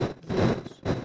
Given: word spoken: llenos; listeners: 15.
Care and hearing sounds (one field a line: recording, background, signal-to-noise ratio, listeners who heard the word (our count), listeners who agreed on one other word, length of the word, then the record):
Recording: one Spanish word in noise, from a listening test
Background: noise modulated by one talker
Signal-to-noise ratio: -10.1 dB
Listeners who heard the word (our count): 2 of 15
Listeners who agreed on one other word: 6 of 15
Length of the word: 0.65 s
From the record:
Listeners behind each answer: 6, 2, 2, 1, 1, 1, 1, 1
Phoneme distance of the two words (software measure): 27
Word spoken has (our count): 2 syllables, 5 phonemes, stress on syllable 1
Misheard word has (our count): 1 syllable, 4 phonemes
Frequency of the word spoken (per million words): 14.47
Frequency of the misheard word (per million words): 212.20